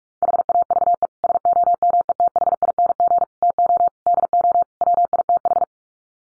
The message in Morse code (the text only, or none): HAVE SOMETHING TO DO WITH